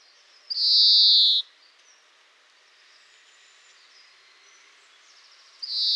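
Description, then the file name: European greenfinch giving a drawn-out, nasal buzzy wheeze lasting about a second, followed by quiet and the start of another wheeze at the very end. "Chloris chloris"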